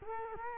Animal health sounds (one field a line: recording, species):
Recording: mosquito wingbeat signal from an infrared sensor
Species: Culex quinquefasciatus